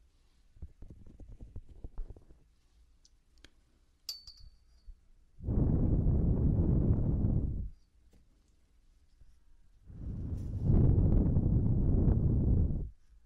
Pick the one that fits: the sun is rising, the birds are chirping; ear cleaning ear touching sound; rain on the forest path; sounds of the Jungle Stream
ear cleaning ear touching sound